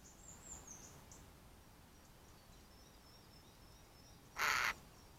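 Eurasian jay giving a single harsh, rasping screech near the end, with faint thin high whistles from another bird earlier over quiet background hiss.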